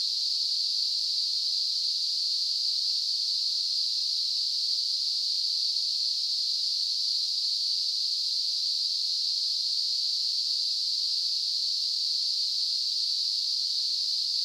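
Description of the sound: A steady, unbroken high-pitched hiss, narrow and centred in the upper treble around 4–5 kHz, holds the same loudness throughout with no pulses or breaks. It is a simulated tinnitus sound, imitating the constant hissing ring some people hear in their ears.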